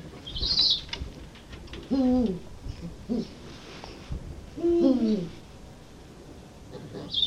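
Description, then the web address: Eurasian eagle-owl calling: three deep, downslurred harmonic calls spread over a few seconds, with thin high squeaky notes at the start and end and steady low background noise. "washimimisuku washimimisukuno sheng"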